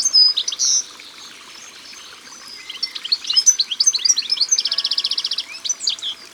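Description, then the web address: European goldfinch song, varied high twittering chirps building to a long, rapid buzzy trill near the end. Sung by the water. "Chardonneret elegant Au bord de leau. album au-bord-de-leau"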